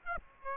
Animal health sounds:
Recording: mosquito wingbeat signal from an infrared sensor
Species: Aedes aegypti

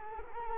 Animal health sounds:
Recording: mosquito wingbeat signal from an infrared sensor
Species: Culex quinquefasciatus

